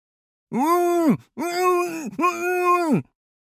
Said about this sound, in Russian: Петляя между голых веток кустарника, я добежал до конца лабиринта и услышал мычание, наполненное болью.